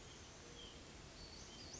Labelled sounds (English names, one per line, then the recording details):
White-breasted Nuthatch
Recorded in Sonoma County, California